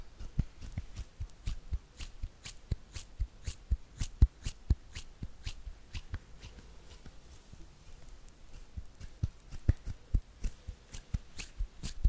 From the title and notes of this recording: ASMR HAND SOUNDS (No Talking).